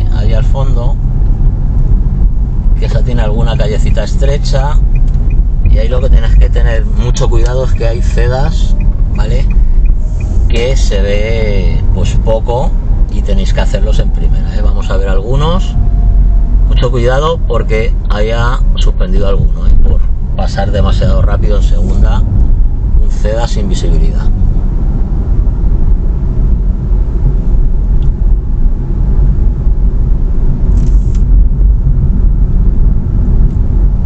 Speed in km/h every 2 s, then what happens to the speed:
25, 26, 24, 20, 18, 27, 26, 23, 20, 17, 22, 29, 34, 35, 34, 35, 34.
2-8 slows to 18. 8-11 speeds up to 27. 11-18 slows to 17. 18-24 speeds up to 34. 24-34 steady at about 34.